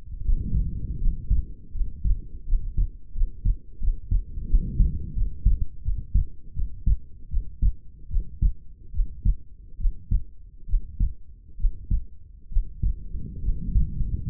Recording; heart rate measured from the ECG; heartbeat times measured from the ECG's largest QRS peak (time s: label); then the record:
heart sounds by stethoscope; 77 bpm
0.22 s: heartbeat
0.99 s: heartbeat
1.72 s: heartbeat
2.45 s: heartbeat
3.13 s: heartbeat
3.79 s: heartbeat
4.47 s: heartbeat
5.14 s: heartbeat
5.82 s: heartbeat
6.53 s: heartbeat
7.28 s: heartbeat
8.08 s: heartbeat
8.91 s: heartbeat
9.77 s: heartbeat
10.66 s: heartbeat
11.57 s: heartbeat
12.49 s: heartbeat
13.41 s: heartbeat
14.24 s: heartbeat
From the record:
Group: healthy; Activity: rest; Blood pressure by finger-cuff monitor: 102/71 mmHg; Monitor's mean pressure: 86 mmHg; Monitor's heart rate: 78 bpm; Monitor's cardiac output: 6.5 L/min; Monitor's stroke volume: 82 mL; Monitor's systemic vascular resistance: 970 dyn s/cm5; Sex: female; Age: 22 years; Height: 160 cm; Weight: 45 kg